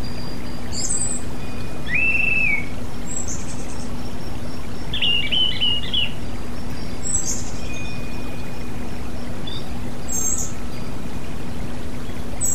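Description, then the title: Oriental magpie-robin song: sparse phrases, a short falling whistle and a scratchy warble with a few faint high chirps, over a steady low hum. "Kicau Kacer"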